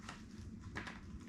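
A water-filter hose connector is handled at the port of a LifeStraw gravity water bag, with low rustling and two brief handling taps near 0.1 s and 0.8 s. The clip ends before the connector goes home, so nothing has seated or clicked yet.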